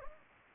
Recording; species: mosquito wingbeat signal from an infrared sensor; Anopheles gambiae